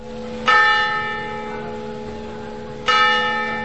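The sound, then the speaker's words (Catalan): The church bell of Flix, a village, strikes noon with two loud, resonant strikes about two and a half seconds apart, each ringing tone humming on and slowly fading. No voices are heard. “Les campanes de Flix toquen les 12.”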